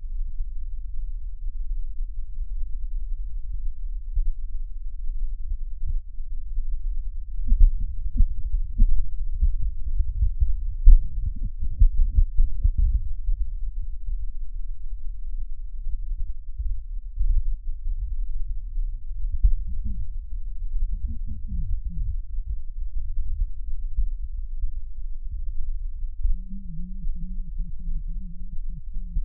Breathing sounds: lung sounds by stethoscope; trachea; quiet breathing, then cough and speech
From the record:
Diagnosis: pulmonary infection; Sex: female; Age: 74 years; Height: 160 cm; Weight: 66 kg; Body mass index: 25.8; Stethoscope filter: bell mode

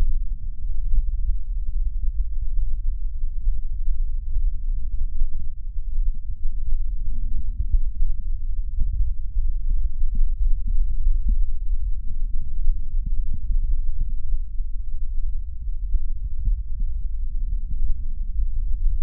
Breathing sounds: lung sounds by stethoscope; right anterior apical chest; quiet breathing, then deep breathing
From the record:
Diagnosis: interstitial lung disease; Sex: male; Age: 66 years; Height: 164 cm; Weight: 76.2 kg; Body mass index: 28.3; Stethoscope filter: bell mode

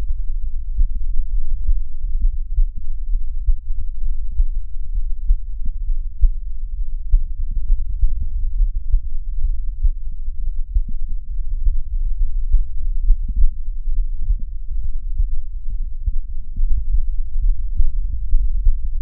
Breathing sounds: lung sounds by stethoscope; left anterior apical chest; quiet breathing, then deep breathing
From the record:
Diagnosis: COPD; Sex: male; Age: 57 years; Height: 165 cm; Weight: 85.7 kg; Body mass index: 31.5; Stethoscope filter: bell mode

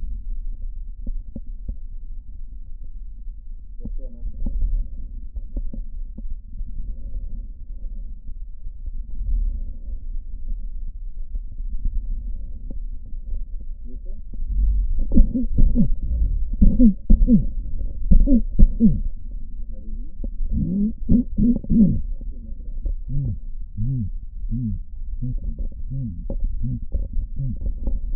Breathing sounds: lung sounds by stethoscope; left posterior basal chest; quiet breathing, then cough and speech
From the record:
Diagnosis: COPD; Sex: male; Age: 70 years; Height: 170 cm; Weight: 74 kg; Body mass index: 25.6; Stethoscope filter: diaphragm mode

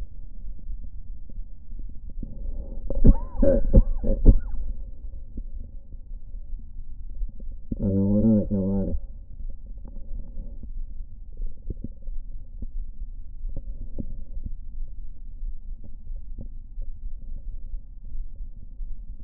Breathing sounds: lung sounds by stethoscope; right anterior apical chest; quiet breathing, then cough and speech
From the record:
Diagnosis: COPD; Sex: male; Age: 81 years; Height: 166 cm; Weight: 98.7 kg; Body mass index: 35.8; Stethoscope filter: diaphragm mode

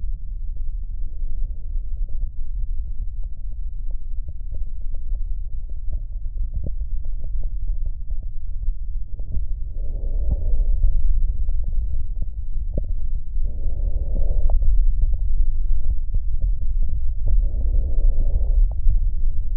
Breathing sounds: lung sounds by stethoscope; right posterior basal chest; quiet breathing, then deep breathing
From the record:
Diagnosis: asthma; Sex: female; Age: 74 years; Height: 155 cm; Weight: 63 kg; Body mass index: 26.2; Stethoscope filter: extended mode

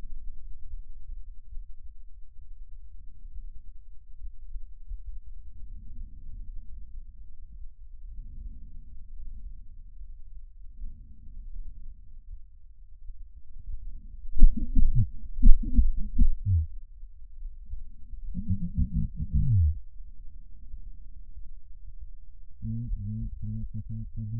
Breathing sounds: lung sounds by stethoscope; left posterior apical chest; quiet breathing, then cough and speech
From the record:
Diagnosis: none (healthy); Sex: male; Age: 45 years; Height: 173 cm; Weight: 92 kg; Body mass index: 30.7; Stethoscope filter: bell mode

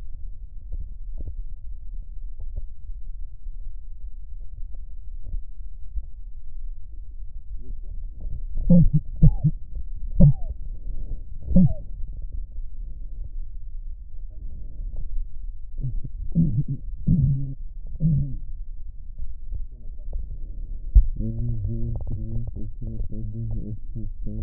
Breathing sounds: lung sounds by stethoscope; right posterior apical chest; quiet breathing, then cough and speech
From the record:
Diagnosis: none (healthy); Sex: male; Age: 35 years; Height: 186 cm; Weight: 108 kg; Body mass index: 31.2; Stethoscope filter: extended mode

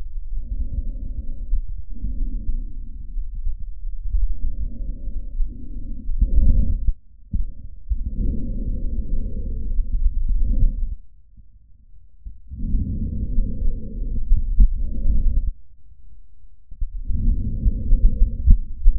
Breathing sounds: lung sounds by stethoscope; trachea; quiet breathing, then deep breathing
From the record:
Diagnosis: COPD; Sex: male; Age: 77 years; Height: 164 cm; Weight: 58.2 kg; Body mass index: 21.6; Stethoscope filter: bell mode

